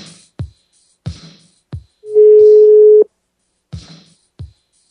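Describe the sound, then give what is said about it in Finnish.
A single steady ringback tone on an outgoing call, a flat mid-low beep lasting about a second, sounding loud over sparse, punchy percussion beats that continue before and after it. “No niin, No nyt soi.”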